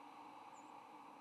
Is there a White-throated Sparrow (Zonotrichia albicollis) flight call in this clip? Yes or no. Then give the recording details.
yes. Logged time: 05:10 on 8 November 2014